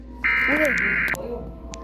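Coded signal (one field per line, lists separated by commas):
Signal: Emergency Alert System (SAME) tones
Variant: header bursts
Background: speech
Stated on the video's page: Simulated EAS scenario from a game.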